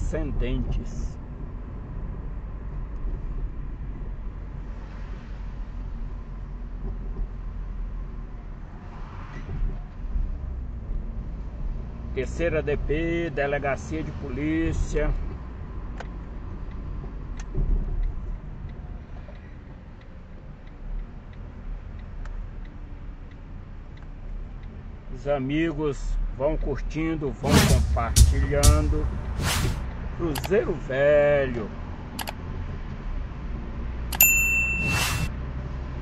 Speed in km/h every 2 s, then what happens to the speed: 31, 28, 26, 23, 17, 23, 31, 31, 25, 13, 14, 11, 13, 16, 25, 34, 36, 38.
0-7 slows to 17. 7-12 speeds up to 31. 14-18 brakes to 13. 22-36 speeds up to 38.